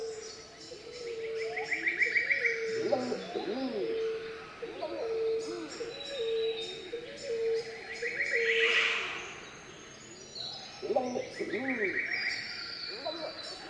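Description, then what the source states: Pacific emerald dove song, low steady hooting tones, with rapid high trills and other calls of other birds. Pacific emerald doves singing in tropical rainforest.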